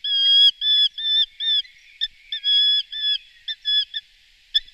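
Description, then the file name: Eurasian hobby giving a series of clear, even whistled notes with brief gaps, a few clipped notes between them, background otherwise quiet. "Golosa ptic - CHeglok lat Falco subbuteo"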